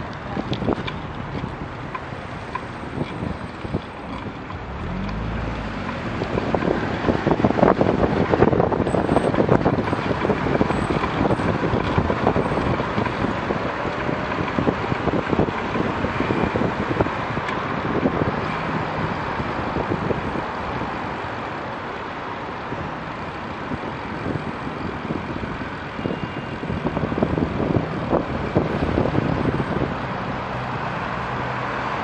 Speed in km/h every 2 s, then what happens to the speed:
14, 14, 18, 21, 23, 23, 23, 22, 18, 17, 17, 15, 14, 11, 6, 1.
0-7 speeds up to 23. 7-13 steady at about 23. 13-32 slows to 1.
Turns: none.